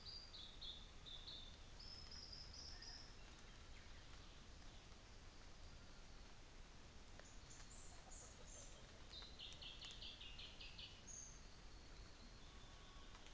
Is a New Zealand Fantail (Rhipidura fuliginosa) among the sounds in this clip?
yes